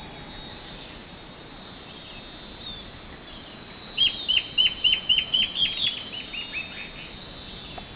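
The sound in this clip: Bird calls: one run of about a dozen quick, evenly paced high notes midway, over a continuous high hiss.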